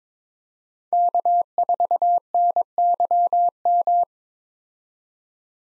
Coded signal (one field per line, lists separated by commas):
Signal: Morse code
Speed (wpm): 22 wpm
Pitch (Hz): 700 Hz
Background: none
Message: K4NYM